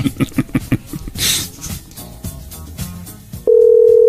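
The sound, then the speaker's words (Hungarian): An odd-sounding telephone ringing tone: a quick run of short, buzzy pulses and a brief hissy burst, then a loud, steady mid-pitched electronic tone holding to the end. “De furán csörög.”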